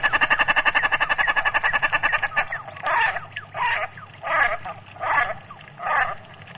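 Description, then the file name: Common shelduck calls: a rapid run of harsh, even pulses for about two seconds, then five louder, rasping notes spaced under a second apart. "Gravand"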